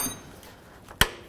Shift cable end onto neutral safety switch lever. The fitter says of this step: Go ahead and squeeze that together. It clicks right in.